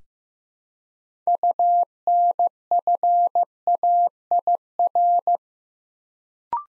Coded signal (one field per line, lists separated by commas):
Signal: Morse code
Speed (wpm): 15 wpm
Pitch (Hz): 700 Hz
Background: none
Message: UNFAIR